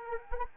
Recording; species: mosquito wingbeat signal from an infrared sensor; Anopheles arabiensis